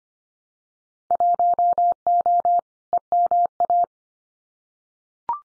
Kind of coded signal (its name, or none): Morse code